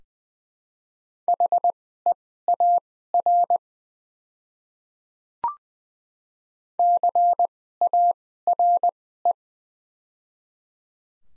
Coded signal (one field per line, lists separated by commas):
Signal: Morse code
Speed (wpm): 20 wpm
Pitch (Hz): 700 Hz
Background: none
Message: HEAR CARE